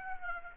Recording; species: mosquito wingbeat signal from an infrared sensor; Aedes aegypti